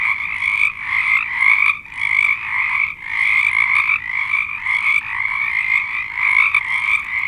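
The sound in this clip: Frogs calling together in a dense chorus, rapid pulsed croaks overlapping without pause, rising and falling in loudness.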